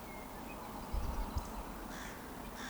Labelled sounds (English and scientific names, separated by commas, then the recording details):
Eurasian Woodcock (Scolopax rusticola) whistle
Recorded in Baden-Württemberg, Germany, on 13 June 2020 at 19:38 UTC
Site 14569, 102 m above sea level